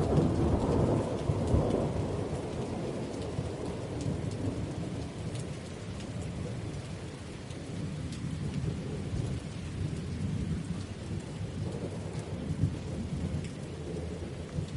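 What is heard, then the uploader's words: Heavy rain pours steadily while deep thunder rolls and rumbles throughout, swelling strongest in the first two seconds and again around twelve seconds. The low rumble stays dense and continuous, with a fine hiss of rainfall spread over the top. Heavy Thunderstorm Sounds. Rolling Thunder, Lightning & Rain Sounds. Heavy rain.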